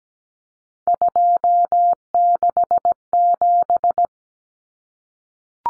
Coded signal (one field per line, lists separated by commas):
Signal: Morse code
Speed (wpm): 17 wpm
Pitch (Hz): 700 Hz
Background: none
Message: 267